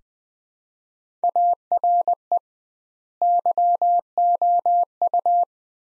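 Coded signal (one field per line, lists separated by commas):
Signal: Morse code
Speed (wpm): 20 wpm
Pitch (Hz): 700 Hz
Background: none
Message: ARE YOU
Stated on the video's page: Practice sentences from the top 300 words sent at 20 wpm with twice standard word spacing, a Farnsworth-like copying drill.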